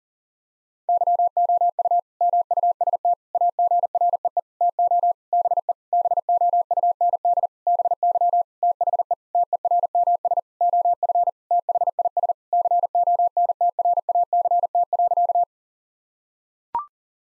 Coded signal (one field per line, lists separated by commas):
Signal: Morse code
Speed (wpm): 40 wpm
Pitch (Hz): 700 Hz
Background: none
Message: YOU MUST AGREE TO BE BOUND BY THE TERMS OF THIS CONTRACT.